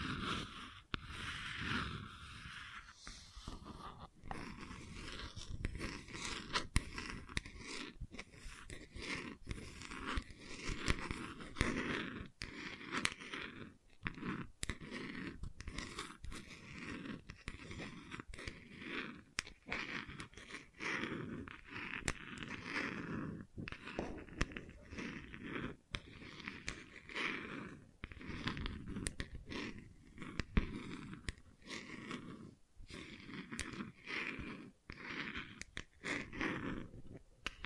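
Gentle scratching runs for the whole stretch, a dense, rough, rustling texture that stays fairly even in loudness. Short breaks and sharp little ticks cut through it every second or so, giving the scraping an uneven, stop-and-start rhythm.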